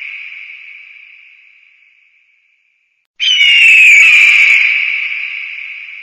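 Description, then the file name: Eagle cry: a fading high-pitched tone, a pause, then a sudden loud shrill scream that tapers off. "aguia"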